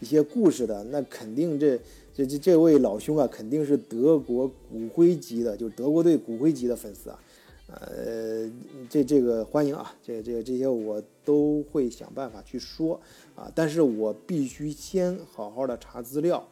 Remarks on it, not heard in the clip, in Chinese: 我 本人小时候确实口吃，不好意思，这个是先天的，啊，但是我后来确实做了很大的努力，啊，慢慢的从 以前就是口吃的，真的小时候很严重那种。